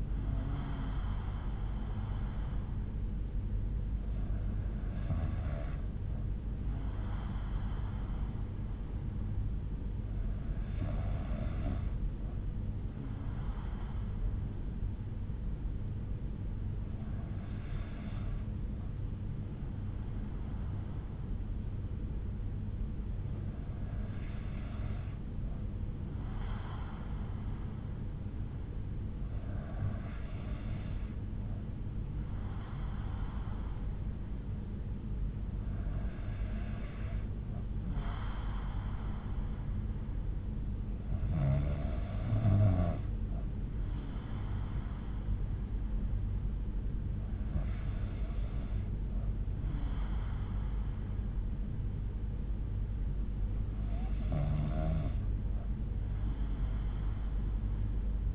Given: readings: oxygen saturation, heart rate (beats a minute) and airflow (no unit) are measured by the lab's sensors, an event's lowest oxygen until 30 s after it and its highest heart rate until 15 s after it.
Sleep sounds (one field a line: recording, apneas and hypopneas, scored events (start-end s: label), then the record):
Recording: breathing in sleep by a smartphone at the bedside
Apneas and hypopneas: none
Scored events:
none scored
From the record:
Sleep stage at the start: N2 (light sleep)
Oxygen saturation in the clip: 92 to 93%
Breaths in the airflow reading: 9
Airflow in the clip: -5.2 to 3.4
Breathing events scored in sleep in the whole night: 368 in 8.0 hours asleep